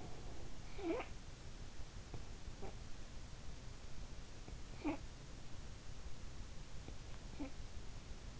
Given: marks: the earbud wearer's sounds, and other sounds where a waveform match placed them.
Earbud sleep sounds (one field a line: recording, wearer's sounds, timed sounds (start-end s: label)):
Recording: sounds in sleep by an in-ear microphone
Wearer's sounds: snoring breath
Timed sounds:
0.45-1.33 s: snoring breath
4.68-5.22 s: snoring breath